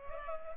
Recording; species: mosquito wingbeat signal from an infrared sensor; Culex pipiens